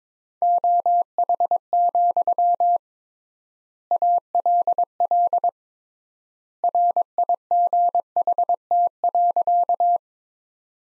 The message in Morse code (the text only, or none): OH, ALL RIGHT.